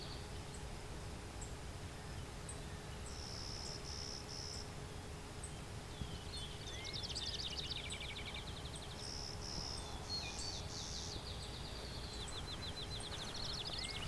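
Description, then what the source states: Clay-colored Sparrow song, flat insect-like buzzes given in groups of two or three, overlapping buzzy trills from another bird, sparse high chips and low wind noise throughout. Singing bird about 20 feet in front of the recordist in open thicket of field and shrubs near Westover, Ontario, late June; low-pitched song hard to hear even up close.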